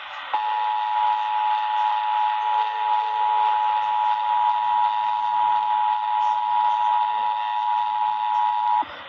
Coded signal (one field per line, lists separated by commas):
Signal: Emergency Alert System (SAME) tones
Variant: 853 and 960 Hz attention tone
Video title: Massachusetts Required Monthly Test on WBZ (New EAS #263)